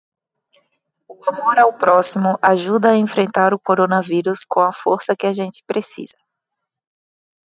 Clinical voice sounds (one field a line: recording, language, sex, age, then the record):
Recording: spoken sentence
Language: Brazilian Portuguese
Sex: female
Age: 30 to 39 years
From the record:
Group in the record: control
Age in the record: 32 years